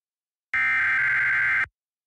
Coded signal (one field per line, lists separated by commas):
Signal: Emergency Alert System (SAME) tones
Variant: header bursts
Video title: East Coast Chaos Episode 23: A Chaotic Marginal - 4/20/2024